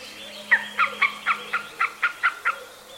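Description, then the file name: Eurasian jay giving a quick run of about nine short, knocking notes, evenly spaced. "Garrulus glandarius"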